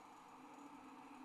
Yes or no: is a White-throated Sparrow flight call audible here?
no